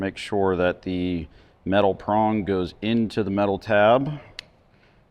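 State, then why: Seated. A metal spade connector (1/8 or 1/4 inch) is pushed onto the matching metal tab on the back of a replacement Alpine door speaker in a 2016–2023 Toyota Tacoma. Someone talks for most of the clip, and then a single sharp click is heard at 4.4 seconds as the connector seats and locks into place.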